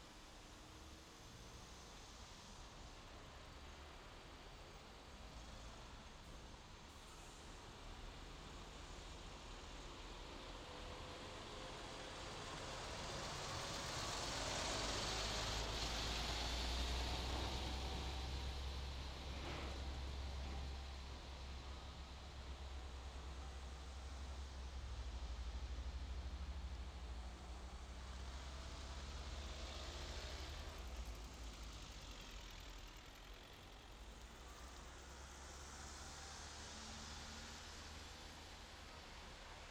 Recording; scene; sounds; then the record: everyday scene through a hearing-aid microphone; in traffic; traffic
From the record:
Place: main road on the outskirts, rush hour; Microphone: in the ear canal, left